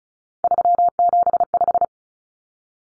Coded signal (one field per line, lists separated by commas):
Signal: Morse code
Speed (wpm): 34 wpm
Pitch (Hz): 700 Hz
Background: none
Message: 375